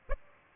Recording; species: mosquito wingbeat signal from an infrared sensor; Aedes aegypti